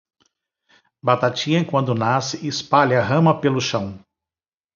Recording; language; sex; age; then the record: short text; Brazilian Portuguese; male; 50 to 59 years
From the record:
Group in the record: control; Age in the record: 53 years